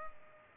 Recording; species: mosquito wingbeat signal from an infrared sensor; Culex pipiens